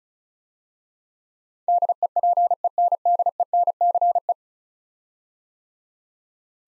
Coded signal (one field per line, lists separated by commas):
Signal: Morse code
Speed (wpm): 36 wpm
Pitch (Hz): 700 Hz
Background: none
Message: DEPENDENCE